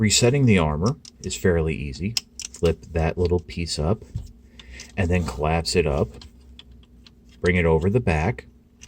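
Someone talks while handling the collapsed plastic armor panel of a transforming dinosaur toy figure, flipping a small piece up and folding the armor over the back. Light ticks at about 6.6, 6.8, 7.1 and 8.8 seconds come from the plastic being handled. Nothing has seated or clicked into place yet.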